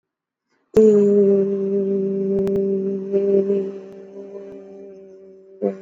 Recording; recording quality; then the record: sustained vowel as in made; excellent, no background noise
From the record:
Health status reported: exposed to COVID-19, no respiratory illness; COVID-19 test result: not tested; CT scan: not taken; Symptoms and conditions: none ticked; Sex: female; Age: 24 years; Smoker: yes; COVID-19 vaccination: both doses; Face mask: worn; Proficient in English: yes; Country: India